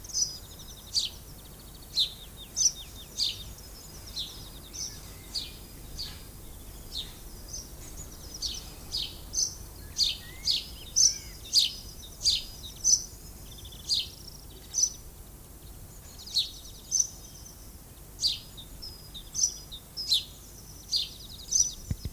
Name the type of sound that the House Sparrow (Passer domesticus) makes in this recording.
song